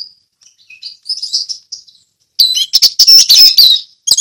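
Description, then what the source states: Orange-headed thrush begins with soft warbled whistles, then breaks into a loud, rapid string of harsh high notes. Ngeplong song style.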